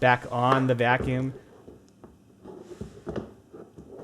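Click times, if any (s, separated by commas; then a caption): none. Someone talks, then handles the detachable plastic power head (blower motor unit) of a 12-gallon Vacmaster wet/dry vacuum, setting it back onto the container lid with quiet scrapes and short knocks near 3.1 and 3.2 seconds. Nothing has seated or clicked yet; the clip ends before the latches click on.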